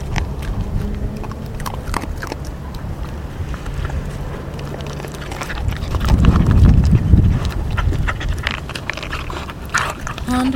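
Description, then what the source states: Dog chewing bone, irregular crunches and clicks at a quick uneven pace, a louder grinding burst around six to seven seconds, steady low hum underneath. Mongrel dog feeding, gnawing bones.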